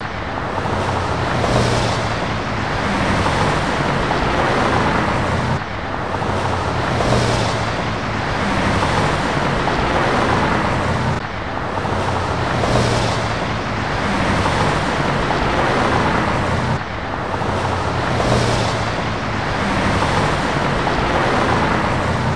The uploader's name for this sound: Highway17 LosGatos